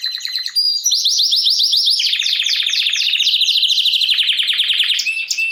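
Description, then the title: Canary song: loud rolling trills of quick repeated slurred notes, changing pitch in steps, continuous from start to finish. Belgian canary named Raiden, male singing a lot; used to warm up young birds. "Esquente Seu Filhote E Canario Belga Em 30 Minutos Macho Cantando Muito. Canrio Belga RAIDEN Cantando Muito - Esquente seu Canrio Belga"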